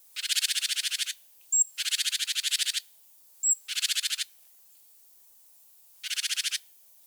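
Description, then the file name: Great tit rasping calls: four harsh, buzzy bursts of rapid ticks, each about half a second to a second long, with brief high thin notes between. "Parus major"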